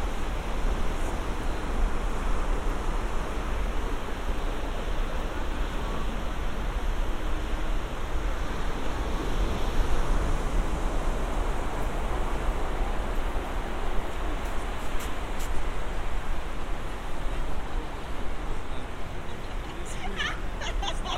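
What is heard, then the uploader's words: A walk on the beach, filled with a dense, steady wash like surf, with a low rumble running underneath throughout. The roar swells slightly around the middle. Faint voices may surface, and a few brief sharp clicks appear near fifteen seconds and again toward the end. Santa Monica Pier. A binaural field recording. A walk on the beach; under the pier; a few hundred yards and back again; up to the pier.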